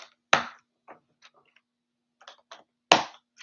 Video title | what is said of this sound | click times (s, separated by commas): Bricklink Designer Program Snack Shack - Live Build | snap sound is incredibly satisfying | 0.3 s, 2.9 s